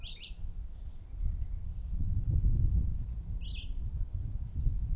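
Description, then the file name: Red-eyed vireo giving two short slurred phrases, one at the start and another later, over loud low rumbling noise and faint high bird notes. Recorded at Nazaré on 21-09-13; local name juruviara. "Juruviara Vireo olivaceus-1 Nazare Pta 21-09-13"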